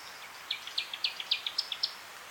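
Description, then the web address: Newtonia call: about a dozen sharp, high chips delivered quickly in about a second and a half, slightly uneven in pitch, over faint background hiss. "sound Newtonia. صدای-پرنده-نوآوا"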